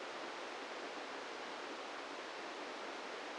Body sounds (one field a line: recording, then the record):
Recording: brain microelectrode recording played as sound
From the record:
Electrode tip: inside the subthalamic nucleus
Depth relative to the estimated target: 0 mm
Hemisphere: right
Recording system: NeuroSet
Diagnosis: Parkinson's disease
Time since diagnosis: 17 years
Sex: male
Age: 64 years